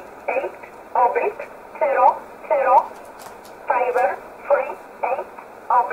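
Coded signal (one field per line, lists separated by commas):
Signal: numbers station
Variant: E11 Oblique, English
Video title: 07 08 2019 E11 Oblique Numbers station in English 0901 on 7449 unknown tx site in USB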